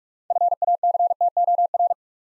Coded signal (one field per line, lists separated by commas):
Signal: Morse code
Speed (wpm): 44 wpm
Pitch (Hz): 700 Hz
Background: none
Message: FACTOR